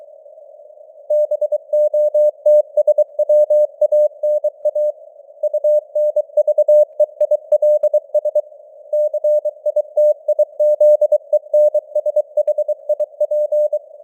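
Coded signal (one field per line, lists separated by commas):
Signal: Morse code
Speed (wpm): 23 wpm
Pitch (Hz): 600 Hz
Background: none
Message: BOTSWANA UNVEILS CITIZENSHIP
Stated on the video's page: Simulated news headlines in Morse at 23 wpm with simulated radio noise and varying signal strength (QSB).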